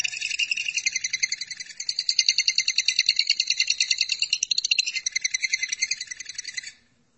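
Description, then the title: Lovebird song: continuous rapid, rasping, pulsed chatter over several seconds, ending abruptly. "BM Suara Burung Lovebird"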